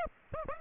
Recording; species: mosquito wingbeat signal from an infrared sensor; Aedes aegypti